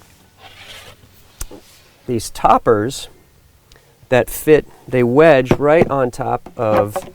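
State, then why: Not seated. A fitted cover board, a topper meant to wedge down onto a camper van's glass stove top, is handled while someone talks, with a sharp tap near 1.4 s and a faint tick near 3.7 s. The clip ends before the cover goes home; nothing has seated or clicked yet.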